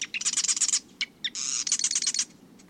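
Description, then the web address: Marsh wren song: two fast, buzzy, rattling trills, high-pitched and mechanical, split by a brief pause. Song likened to a sewing machine, heard near marshes at nesting time. "Birdnote. The Marsh Wrens Many Nests"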